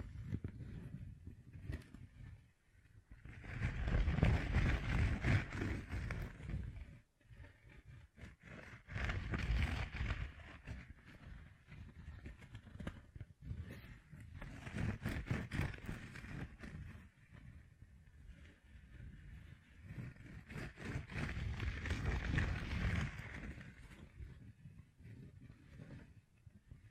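Gem-covered fingertips tap and scratch in a dense, continuous flurry of fine clicks and rasps. Heavier passages swell with a low rumbling undertone around 4, 10, 15 and 22 seconds, then thin out to quieter, sparser scratching between them.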